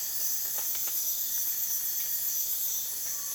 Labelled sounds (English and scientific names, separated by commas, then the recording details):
none
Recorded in dense forest near Puerto Asís, Putumayo, Colombia, on 25 June 2025 at 03:30
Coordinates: 0.484, -76.325
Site H65